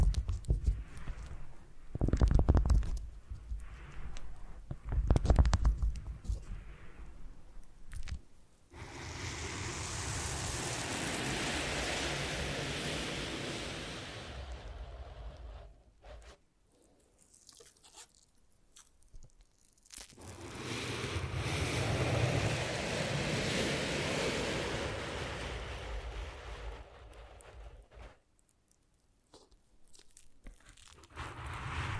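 Foam massage: two short, sharp rubbing bursts near the start, then long hissing, crackly swells of foam rubbing that rise and fade like surf, each lasting about six seconds with a quiet pause between them. A low rumble sits underneath the strokes.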